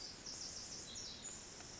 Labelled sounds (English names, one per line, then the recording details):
Pacific Wren
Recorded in Sonoma County, California